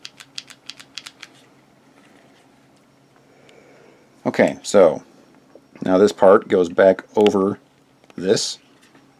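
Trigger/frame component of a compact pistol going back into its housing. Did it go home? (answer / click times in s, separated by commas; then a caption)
no / none. During reassembly of a Ruger LCP Max compact pistol after swapping in a Galloway Precision trigger, a metal trigger/frame part is handled to go back over another part of the frame assembly. A quick series of short, sharp clicks is heard at 0.1, 0.4, 0.7, 1.0, 1.1 and 1.2 s, followed by quiet handling and someone talking. The part has not yet snapped or seated into place by the end.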